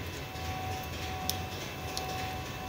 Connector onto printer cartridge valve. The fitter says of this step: my two clicks. I know it's on.